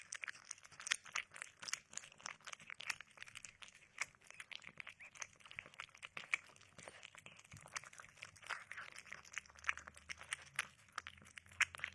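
A cat eats, producing a dense, rapid stream of bright crunching clicks throughout, with a faint low hum entering near the end.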